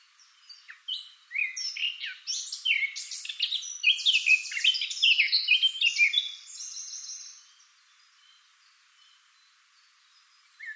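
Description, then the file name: Eurasian blackcap song, a rich, fast warble of scratchy and whistled notes that builds for about six seconds, then fades into quiet chatter before silence. "Sylvia atricapilla"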